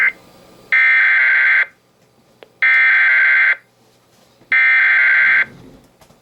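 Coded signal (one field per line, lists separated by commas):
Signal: Emergency Alert System (SAME) tones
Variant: header bursts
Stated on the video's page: Real EAS alerts from streaming services.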